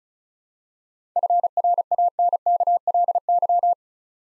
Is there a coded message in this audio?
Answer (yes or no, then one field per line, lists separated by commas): yes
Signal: Morse code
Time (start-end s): 1.2-3.7 s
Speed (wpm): 36 wpm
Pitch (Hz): 700 Hz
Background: none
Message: FRANKLY